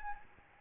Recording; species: mosquito wingbeat signal from an infrared sensor; Aedes albopictus